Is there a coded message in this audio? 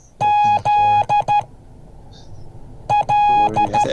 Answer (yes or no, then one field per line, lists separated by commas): yes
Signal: Morse code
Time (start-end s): 0.2-3.8 s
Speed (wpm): 13 wpm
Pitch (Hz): 830 Hz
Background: none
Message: ZL